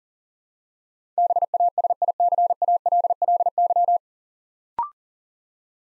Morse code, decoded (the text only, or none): BASICALLY